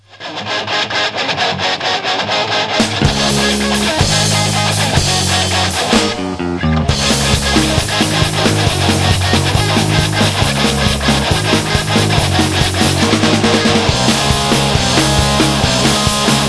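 A rock song opens with loud, heavily distorted electric guitar, joined after a few seconds by bass and a steady pounding drum beat, with a brief break before the full band drives on.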